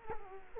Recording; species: mosquito wingbeat signal from an infrared sensor; Culex quinquefasciatus